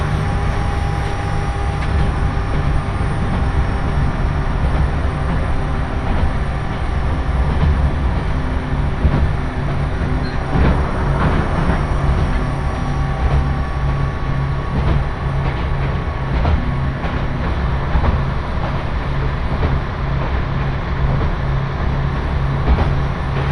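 Nagara Railway train ride, with a steady low rumble of wheels and engine, faint tonal whines, and occasional clacks around eleven seconds.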